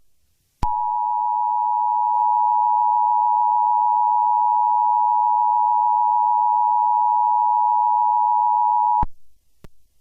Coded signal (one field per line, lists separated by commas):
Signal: Emergency Alert System (SAME) tones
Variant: 853 and 960 Hz attention tone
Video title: EAS Scenario #37: Chemical Spill Chaos